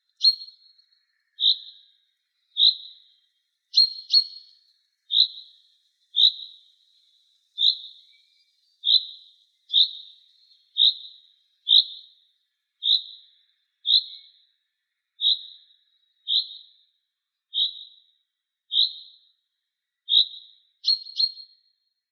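Birds singing around a school: a single high, clear note repeats at a very steady pace, roughly every 1.2 seconds, for the whole stretch. A few notes arrive doubled or with a brief extra chirp, near four seconds and again at twenty-one. Otherwise the background is silent.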